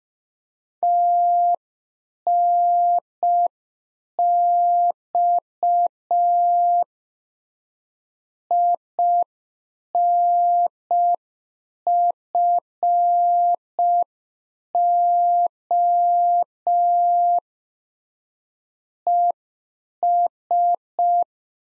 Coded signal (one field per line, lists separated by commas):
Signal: Morse code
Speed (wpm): 5 wpm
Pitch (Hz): 700 Hz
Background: none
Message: TNX INFO ES